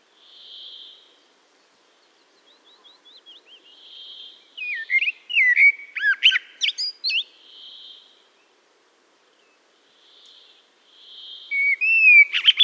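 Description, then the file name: Eurasian blackbird song: rich warbled phrases with scratchy high notes, and a steady high tone repeated every few seconds. "Turdus merula"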